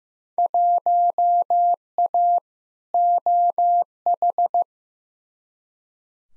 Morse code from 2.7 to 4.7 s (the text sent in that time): OH